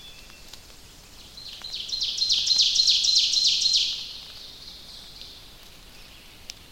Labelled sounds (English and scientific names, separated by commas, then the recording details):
Ovenbird (Seiurus aurocapilla) song
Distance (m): 30 m
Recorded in boreal forest in Alberta, Canada, on 29 May 2016 at 05:48
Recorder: SongMeter 3, array SBT-3-49
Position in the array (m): 136 m, 201 m
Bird 14